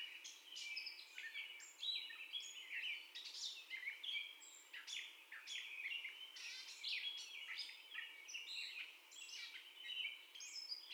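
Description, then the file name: Gray catbird delivering a steady stream of mixed squeaks, whistles and scratchy chatter. First song, recorded 30 May 2021. "2021-05-30 Catbird First Song"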